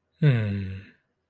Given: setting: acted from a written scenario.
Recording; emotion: vocal sound without words; sympathy